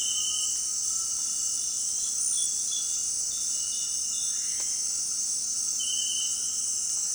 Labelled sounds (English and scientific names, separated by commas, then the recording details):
Violaceous Jay (Cyanocorax violaceus)
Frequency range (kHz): Violaceous Jay (Cyanocorax violaceus) 0.8-1.8 kHz
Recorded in dense forest near Puerto Asís, Putumayo, Colombia, on 18 February 2024 at 18:00
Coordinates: 0.466, -76.327
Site G6413